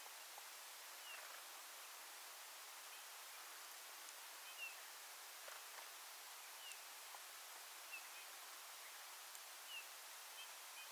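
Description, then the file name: Eurasian bullfinch calls: several faint, short whistled notes spaced a second or two apart, against a steady hiss of background noise. "Pyrrhula pyrrhula"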